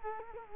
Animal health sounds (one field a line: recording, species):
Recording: mosquito wingbeat signal from an infrared sensor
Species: Culex quinquefasciatus